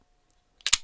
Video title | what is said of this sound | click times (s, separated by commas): How Revolvers Work - The Basics | on the brand of the gun really but you just want to take that and push that up all the way till you hear it click | 0.7 s